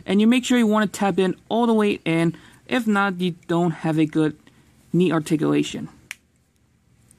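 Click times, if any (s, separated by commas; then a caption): 6.1 s. Someone talks while pushing the plastic leg or knee piece of a Transformers War for Cybertron Kingdom WFC-K8 Voyager class Optimus Primal action figure all the way in on its double hinge during the robot-mode transformation, to get good knee articulation. After the talking stops, a single sharp click at 6.1 s shows the piece has seated into its hinge socket, followed by a few faint ticks.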